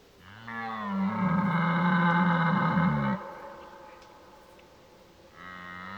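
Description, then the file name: Red deer stag roaring: a deep, drawn-out harmonic bellow lasting about three seconds, then a quieter start of another roar near the end. Old stag roaring during the rut (burlen). "Burlen oud hert"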